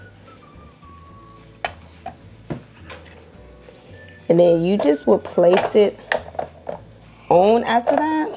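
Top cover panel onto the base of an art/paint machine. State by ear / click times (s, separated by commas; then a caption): not seated / none. A top cover panel is handled over the base of a Loklik iPaint art/paint machine after its cords have been connected underneath, with faint background music and a few brief knocks and taps, the loudest near 1.7 s. Someone talks during the second half. Nothing has seated or snapped into place yet.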